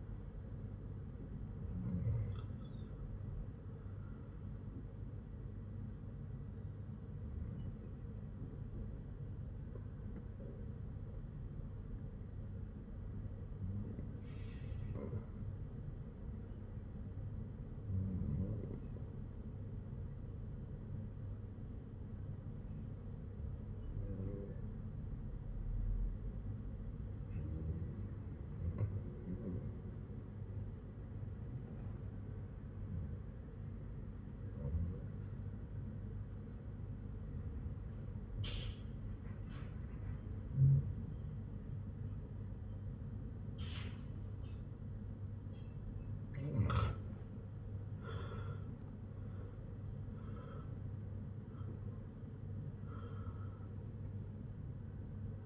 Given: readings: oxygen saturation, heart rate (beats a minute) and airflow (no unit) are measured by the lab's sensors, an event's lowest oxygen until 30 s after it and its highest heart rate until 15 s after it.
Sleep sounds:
breathing in sleep by a smartphone at the bedside; 1
26.00-49.10 s: hypopnea (REM, oxygen 96% highest, then 88% lowest, heart rate 56 at the start, 69 highest)
From the record:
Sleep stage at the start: REM sleep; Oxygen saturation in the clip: 95 to 97%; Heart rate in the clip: 53 to 69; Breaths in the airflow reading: 13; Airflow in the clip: -11.8 to 9.5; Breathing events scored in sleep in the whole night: 182 in 7.4 hours asleep

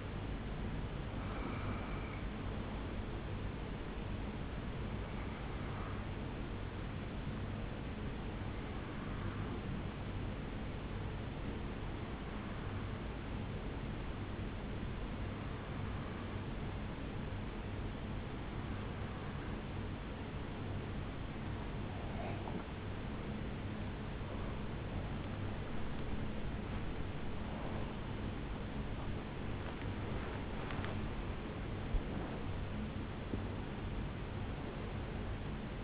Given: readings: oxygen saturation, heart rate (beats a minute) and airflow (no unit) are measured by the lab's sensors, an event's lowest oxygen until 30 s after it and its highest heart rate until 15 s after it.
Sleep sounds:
breathing in sleep by a voice recorder at the bedside; 1
11.00-24.50 s: hypopnea (N1, oxygen 97% highest, then 93% lowest, heart rate 70 at the start, 83 highest)
29.00-35.84 s: new sleep stage, awake
33.00-35.84 s: awake
From the record:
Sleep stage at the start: N1 (lightest sleep); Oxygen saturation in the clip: 81 to 97%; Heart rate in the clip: 70 to 83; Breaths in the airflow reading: 7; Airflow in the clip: -9.7 to 12.7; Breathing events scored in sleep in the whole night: 449 in 7.0 hours asleep

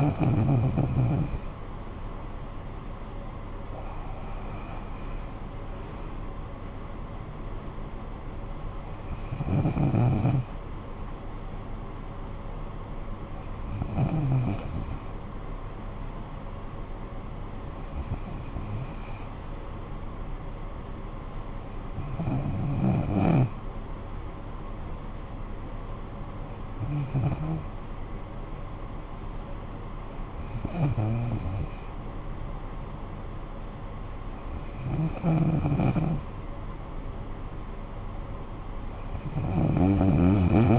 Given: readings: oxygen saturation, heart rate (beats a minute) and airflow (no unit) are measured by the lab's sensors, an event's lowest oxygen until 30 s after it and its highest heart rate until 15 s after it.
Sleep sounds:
breathing in sleep by a smartphone at the bedside; none
none scored
From the record:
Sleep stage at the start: N2 (light sleep); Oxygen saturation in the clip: 94 to 95%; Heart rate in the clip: 54 to 69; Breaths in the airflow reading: 9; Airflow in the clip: -12.8 to 8.9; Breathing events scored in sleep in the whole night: 445 in 7.6 hours asleep

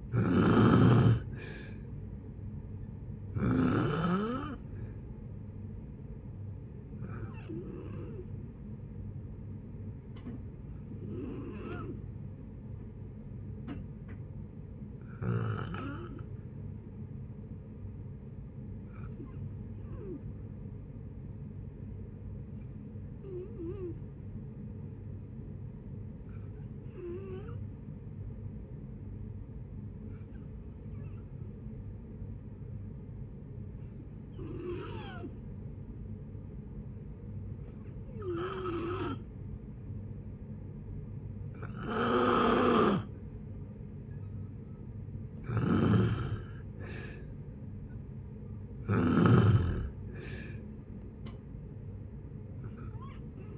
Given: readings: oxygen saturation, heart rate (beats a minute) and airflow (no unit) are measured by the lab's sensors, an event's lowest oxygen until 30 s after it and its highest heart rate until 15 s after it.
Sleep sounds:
breathing in sleep by a smartphone at the bedside; 1
10.00-42.90 s: hypopnea (N2, oxygen 94% highest, then 86% lowest, heart rate 63 at the start, 68 highest)
From the record:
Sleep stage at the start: N2 (light sleep); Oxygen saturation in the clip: 86 to 94%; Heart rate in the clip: 57 to 67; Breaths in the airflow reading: 14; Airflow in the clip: -6.5 to 5.5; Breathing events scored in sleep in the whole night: 496 in 5.4 hours asleep

